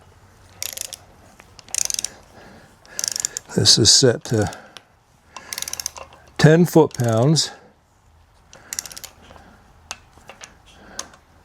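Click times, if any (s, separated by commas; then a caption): 9.9 s. A click-type torque wrench set to 10 ft-lbs tightens a nut on an engine cylinder of a 1972 Super Beetle during new piston installation, with bursts of ratcheting before and after while someone talks. A single sharp click sounds at 9.9 s as the wrench reaches its setting, confirming the nut is torqued.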